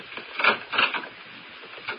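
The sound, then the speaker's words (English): A collision as someone runs into a person and the things they were carrying crash down and scatter: two quick bursts of wooden clattering and knocking, a busy rattle between them, then a softer clack about a second later. “Oh, some idiot ran into me and everything I was carrying scattered all over.”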